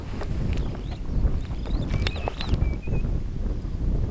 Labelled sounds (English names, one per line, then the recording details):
Superb Starling flight call
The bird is a female
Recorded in Kenya on 12 June 2010
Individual 37, of group DRT2